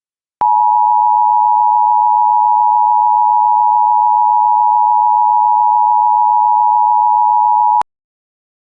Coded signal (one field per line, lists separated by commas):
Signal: Emergency Alert System (SAME) tones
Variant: 853 and 960 Hz attention tone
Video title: EAS Civil Emergency Message Douglas County, Washington Road Closures From "Extreme Weather"